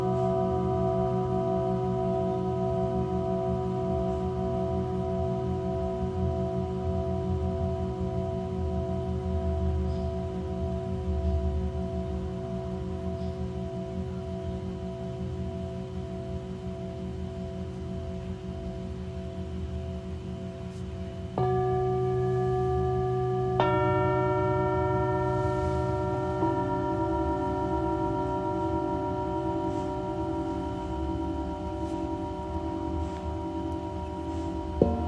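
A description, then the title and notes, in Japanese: Singing bowls ring in a steady, layered hum of sustained tones, with new bowls struck near 21 and 24 seconds adding brighter ringing. メキシコから シンギングボウルのサウンドヒーリング ライブ。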